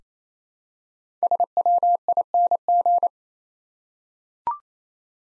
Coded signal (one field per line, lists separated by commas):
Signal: Morse code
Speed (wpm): 28 wpm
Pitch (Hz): 700 Hz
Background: none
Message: SWING